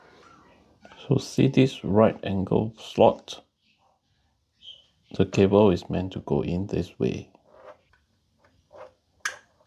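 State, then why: Seated. A right-angle SATA data cable connector is pushed into the SATA port on a 2.5-inch Samsung 870 EVO SSD, which has a safety catch that locks it, while someone talks. A few faint taps come first, then a sharp click at 9.3 s as the connector seats.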